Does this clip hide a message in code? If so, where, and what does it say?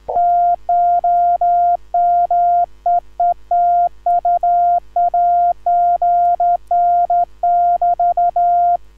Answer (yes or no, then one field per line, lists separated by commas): yes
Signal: Morse code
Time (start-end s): 0.2-8.8 s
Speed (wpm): 13 wpm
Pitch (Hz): 1400 Hz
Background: none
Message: TO MEET U AGN <BT>